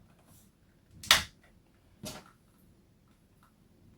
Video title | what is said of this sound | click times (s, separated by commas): The Mandalorian’s N-1 Starfighter Unboxing and Review | they just pop right in there | 1.1 s